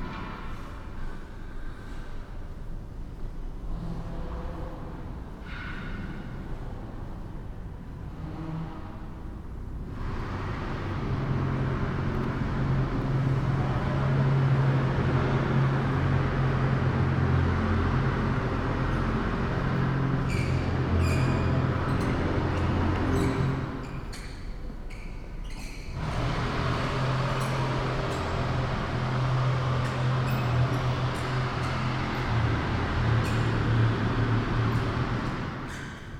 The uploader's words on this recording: Soundwalk 04: in the Chase Family Building while it was under construction. There are sounds from close up as well as from far away that reverberate through the interior space. This is unedited.